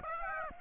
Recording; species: mosquito wingbeat signal from an infrared sensor; Aedes aegypti